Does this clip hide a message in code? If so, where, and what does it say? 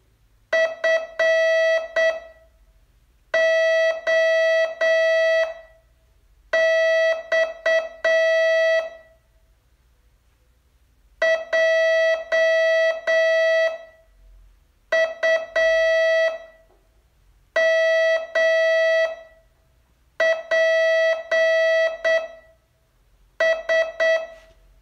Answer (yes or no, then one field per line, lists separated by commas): yes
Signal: Morse code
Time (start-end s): 0.5-24.2 s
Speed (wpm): 8 wpm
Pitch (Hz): 650 Hz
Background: none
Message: FOX JUMPS